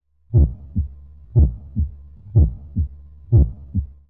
Heart beat.